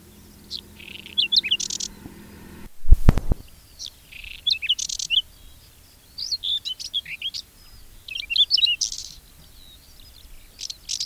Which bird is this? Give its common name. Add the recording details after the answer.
Whinchat. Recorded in the wild. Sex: male. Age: adult. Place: Neunkirchen am Brand, Bayern, DE. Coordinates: 49.6036, 11.1381. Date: 1964-06-20. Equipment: Nagra, Original, Vollspur. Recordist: Tretzel, Erwin. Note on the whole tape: Neunkirchen am Brand (Ortsausgang Richtung Kleinsendelbach): Braunkehlchen imitiert: Grauammer, Stieglitz und Nachtigall-Strophe und "krrr"